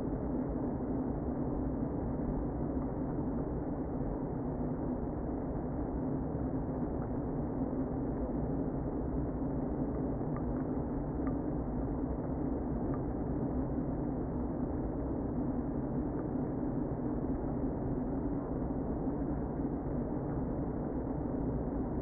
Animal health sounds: honeybee colony, microphone inside the hive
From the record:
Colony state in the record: queen present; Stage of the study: before two queens were removed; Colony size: about 60,000 bees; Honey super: yes

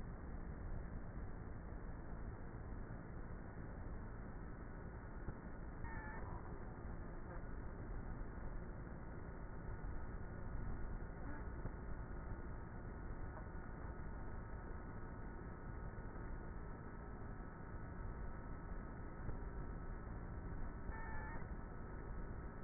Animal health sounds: honeybee colony, microphone inside the hive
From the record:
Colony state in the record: queenless with a low population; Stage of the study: before two queens were removed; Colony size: about 30,000 bees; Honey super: no

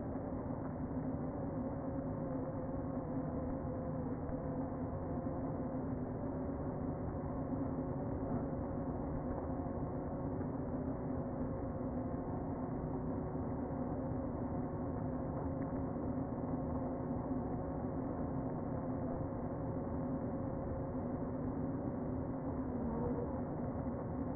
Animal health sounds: honeybee colony, microphone inside the hive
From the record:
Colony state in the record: queen present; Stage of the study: before two queens were removed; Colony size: about 60,000 bees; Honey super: yes

